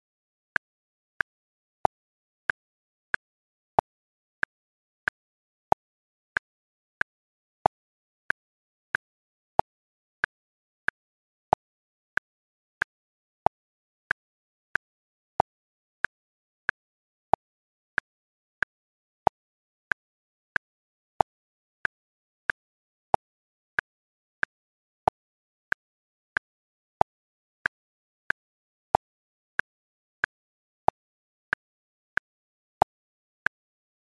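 A metronome ticks at 93 beats per minute in three, with short, sharp clicks evenly spaced throughout with no drift. Every third click stands out slightly louder, and complete silence fills the gaps between beats, with no other sounds present.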